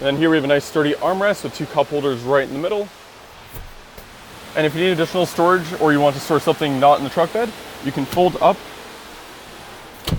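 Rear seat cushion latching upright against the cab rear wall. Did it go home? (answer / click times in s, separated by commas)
yes / 10.1 s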